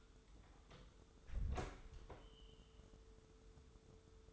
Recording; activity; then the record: daily activity, microphone in the room; close door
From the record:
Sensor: 3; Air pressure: 1015.1 hPa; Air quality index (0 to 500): 119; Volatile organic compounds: 4 ppm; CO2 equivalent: 1664 ppm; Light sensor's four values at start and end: 16/40/16/17 and 16/40/16/17